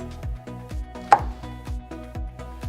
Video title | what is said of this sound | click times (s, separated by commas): How to Use the Millisolve™ Clarification System | Center the flange of the funnel on top of the membrane base and press down until you hear a click | 1.1 s